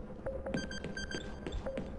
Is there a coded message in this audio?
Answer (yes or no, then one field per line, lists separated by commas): no